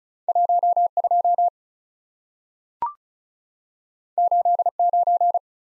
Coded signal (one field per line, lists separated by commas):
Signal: Morse code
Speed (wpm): 36 wpm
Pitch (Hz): 700 Hz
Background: none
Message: 1 2 8 9